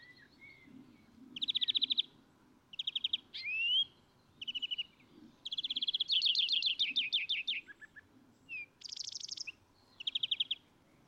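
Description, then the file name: European greenfinch song: bursts of rapid, ringing trills and twittering notes. "Chloris chloris"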